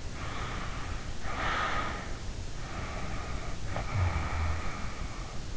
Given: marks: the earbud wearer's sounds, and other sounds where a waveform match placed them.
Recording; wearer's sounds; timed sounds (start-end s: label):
sounds in sleep by an in-ear microphone; breath
0.20-2.23 s: breath
2.64-5.20 s: breath